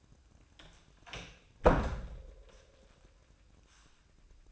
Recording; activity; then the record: daily activity, microphone in the room; close door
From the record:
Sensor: 2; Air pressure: 1012.2 hPa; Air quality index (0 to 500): 158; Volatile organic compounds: 2 ppm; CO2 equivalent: 1156 ppm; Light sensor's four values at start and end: 446/1120/456/483 and 446/1118/455/482